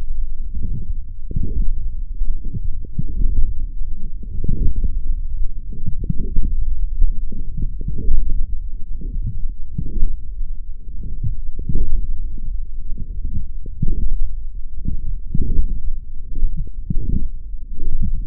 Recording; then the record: forearm muscle sounds (acoustic myography)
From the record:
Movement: forearm pronation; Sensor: system 1, eight BSWA MPA416 microphones around the upper forearm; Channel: 8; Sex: male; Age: 21 years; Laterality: right